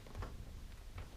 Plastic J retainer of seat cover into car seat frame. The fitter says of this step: in place properly we heard it click click